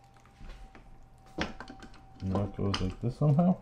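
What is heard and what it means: A plastic part, likely the drip tray or used-capsule container, is handled while being fitted into a Breville Nespresso Vertuo Plus pod coffee machine during unboxing and assembly, with faint, short knocks and taps between about 0.2 and 1.8 seconds. Someone talks toward the end. Nothing has seated or clicked into place yet.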